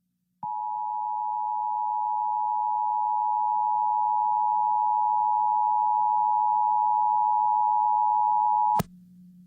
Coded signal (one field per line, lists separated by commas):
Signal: Emergency Alert System (SAME) tones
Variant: 853 and 960 Hz attention tone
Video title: WTOP - Emergency Alert System Test of 12/18/19